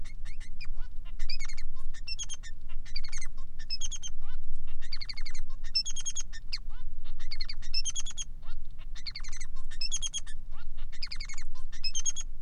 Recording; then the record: song of a male Bengalese finch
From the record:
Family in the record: son of father 3